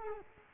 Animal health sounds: mosquito wingbeat signal from an infrared sensor; Culex quinquefasciatus

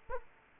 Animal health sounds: mosquito wingbeat signal from an infrared sensor; Culex quinquefasciatus

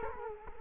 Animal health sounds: mosquito wingbeat signal from an infrared sensor; Culex quinquefasciatus

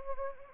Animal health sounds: mosquito wingbeat signal from an infrared sensor; Anopheles arabiensis

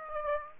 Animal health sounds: mosquito wingbeat signal from an infrared sensor; Aedes aegypti

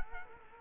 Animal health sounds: mosquito wingbeat signal from an infrared sensor; Culex quinquefasciatus

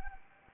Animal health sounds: mosquito wingbeat signal from an infrared sensor; Anopheles arabiensis

